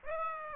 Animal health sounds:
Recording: mosquito wingbeat signal from an infrared sensor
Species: Aedes aegypti

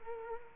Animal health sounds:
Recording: mosquito wingbeat signal from an infrared sensor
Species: Culex quinquefasciatus

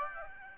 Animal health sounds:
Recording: mosquito wingbeat signal from an infrared sensor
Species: Aedes aegypti

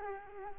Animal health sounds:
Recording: mosquito wingbeat signal from an infrared sensor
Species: Culex quinquefasciatus

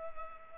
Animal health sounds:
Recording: mosquito wingbeat signal from an infrared sensor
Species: Culex pipiens

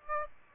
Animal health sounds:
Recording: mosquito wingbeat signal from an infrared sensor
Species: Aedes aegypti

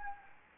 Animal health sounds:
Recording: mosquito wingbeat signal from an infrared sensor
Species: Anopheles gambiae

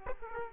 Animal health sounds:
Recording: mosquito wingbeat signal from an infrared sensor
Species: Aedes aegypti

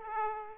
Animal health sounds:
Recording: mosquito wingbeat signal from an infrared sensor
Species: Aedes aegypti

